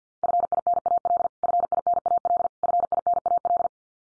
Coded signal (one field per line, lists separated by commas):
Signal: Morse code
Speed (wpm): 50 wpm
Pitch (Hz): 700 Hz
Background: none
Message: FINAL FINAL FINAL